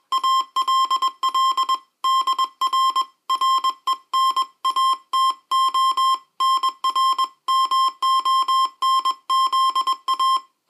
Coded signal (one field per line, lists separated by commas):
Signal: Morse code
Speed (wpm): 21 wpm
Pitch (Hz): 1060 Hz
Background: music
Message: ALL DR RENATO NR MONZA